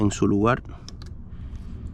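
Someone talks briefly while handling the retainer clip on the fuel return hose fitting of the fuel pump, followed by faint handling noise and two small ticks near 1.0 and 1.1 seconds. The clip has not yet been pushed back into place, and nothing has seated or clicked yet.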